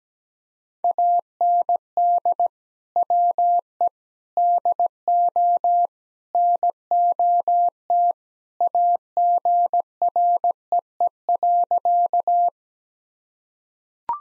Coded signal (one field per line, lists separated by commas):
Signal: Morse code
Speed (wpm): 17 wpm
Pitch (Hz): 700 Hz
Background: none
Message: AND WE DO NOT AGREE.